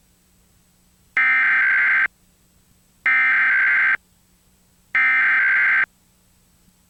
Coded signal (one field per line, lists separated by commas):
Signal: Emergency Alert System (SAME) tones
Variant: header bursts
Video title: EAS Required Monthly Test for all of Florida.